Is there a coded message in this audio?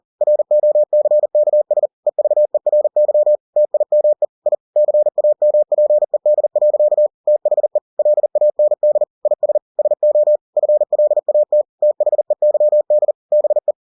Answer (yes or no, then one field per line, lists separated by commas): yes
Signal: Morse code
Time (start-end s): 0.2-13.7 s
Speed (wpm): 40 wpm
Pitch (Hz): 600 Hz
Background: none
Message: ROCKS EVERY TIME I CAMPED. THE LAND IS SO FLAT THEYD BE